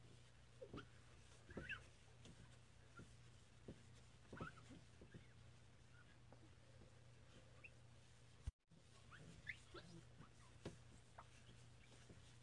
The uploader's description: mirror cleaning